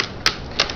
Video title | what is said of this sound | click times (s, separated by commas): Airsoft AK Series Bolt Mod (Works on AK-47, AK-74, SVD ect) | should hear it pop and it should stay and | 0.3 s